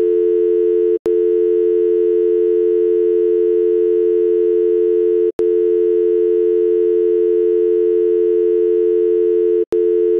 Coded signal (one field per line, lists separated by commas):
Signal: telephone call progress tone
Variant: North America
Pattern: dial tone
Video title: DIAL TONE SOUND~ TELEPHONE SOUNDS!